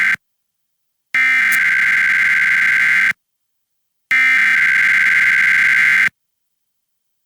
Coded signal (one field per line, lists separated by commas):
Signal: Emergency Alert System (SAME) tones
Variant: header bursts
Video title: EAS #562-565: 1 NWR and 3 EAS Required Monthly Tests- Oct. 21, 2021- 10:21AM PDT